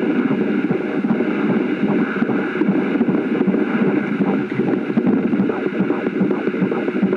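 Rapid whooshing pulses at about 150 a minute over a steady hiss: a fetal heartbeat heard through a Doppler monitor.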